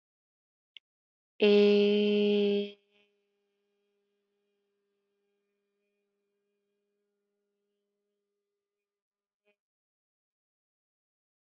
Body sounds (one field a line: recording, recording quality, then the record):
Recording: sustained vowel as in made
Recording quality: excellent, no background noise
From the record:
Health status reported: healthy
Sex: female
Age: 25 years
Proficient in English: yes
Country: India